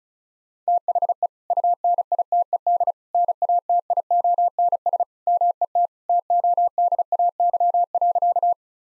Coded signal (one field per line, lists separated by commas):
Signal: Morse code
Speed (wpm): 36 wpm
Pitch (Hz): 700 Hz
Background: none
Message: THE UNITED NATIONS MET TODAY.